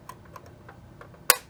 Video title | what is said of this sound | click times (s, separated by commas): Xbox 360 DVD Drive Repair (Not opening or reading disks) | You'll hear a click. Click. | 1.3 s